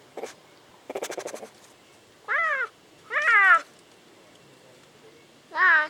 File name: clouded leopard